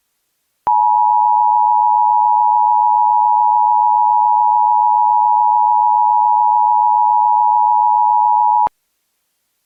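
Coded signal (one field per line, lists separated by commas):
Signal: Emergency Alert System (SAME) tones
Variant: 853 and 960 Hz attention tone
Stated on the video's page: Fictional satirical EAS scenario based on Half-Life and SCP, with valid SAME headers, made with EASyKIT.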